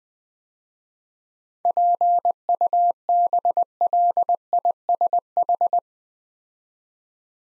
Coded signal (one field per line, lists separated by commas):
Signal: Morse code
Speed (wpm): 20 wpm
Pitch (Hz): 700 Hz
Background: none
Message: PUBLISH